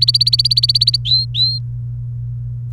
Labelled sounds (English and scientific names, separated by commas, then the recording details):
Domestic Canary (Serinus canaria) song
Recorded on 29 April 2018 at 11:22
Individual llb3